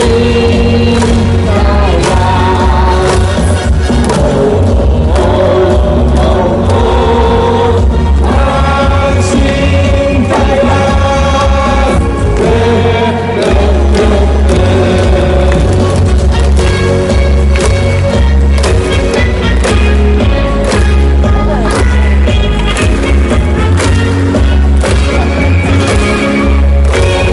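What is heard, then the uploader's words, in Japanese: Stadium sound at Hanshin Koshien, a dense, unbroken wall of noise at steady loudness for the whole clip. Deep, regular drum thumps run underneath, while sustained brass-like notes and massed voices carry over the top, dotted with quick sharp claps. 阪神甲子園球場での模様を、ただただ場内の音声だけでお送りします。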